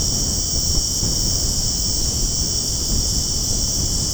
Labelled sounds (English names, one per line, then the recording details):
none
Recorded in secondary vegetation near Puerto Asís, Putumayo, Colombia, on 21 February 2024 at 01:30
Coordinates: 0.489, -76.322
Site G6419